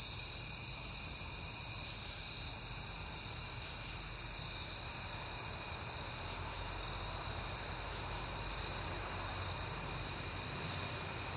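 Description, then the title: Crickets trill steadily at high pitch. Recorded on a peaceful September night; crickets heard often that month. "Night Time: Crickets and Passing Cars"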